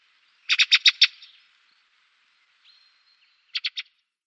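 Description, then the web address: Ring ouzel calling with a quick burst of five harsh ticking notes, a pause of about two and a half seconds, then three more clipped ticks. "Schulze Peter Ring Ouzel calls"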